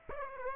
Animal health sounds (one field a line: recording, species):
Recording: mosquito wingbeat signal from an infrared sensor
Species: Aedes aegypti